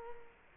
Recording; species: mosquito wingbeat signal from an infrared sensor; Culex quinquefasciatus